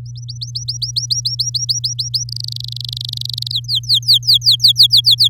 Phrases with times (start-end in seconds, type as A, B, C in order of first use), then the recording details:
0.06-2.24 A, 2.29-3.52 B, 3.52-5.28 C. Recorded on 9 May 2018 at 08:59. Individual llb16